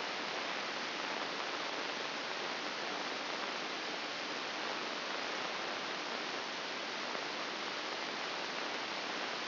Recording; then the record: brain microelectrode recording played as sound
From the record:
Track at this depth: inside the subthalamic nucleus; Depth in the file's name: 5.661 mm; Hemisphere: left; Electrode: 2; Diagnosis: Parkinson's disease